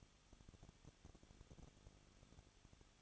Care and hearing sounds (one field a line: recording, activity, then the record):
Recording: daily activity, microphone in the room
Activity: no activity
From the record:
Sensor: 4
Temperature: 23.0 degrees Celsius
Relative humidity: 34.2%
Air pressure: 1007.3 hPa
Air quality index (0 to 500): 217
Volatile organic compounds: 15 ppm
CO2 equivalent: 2516 ppm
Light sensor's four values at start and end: 2/3/1/1 and 2/3/1/1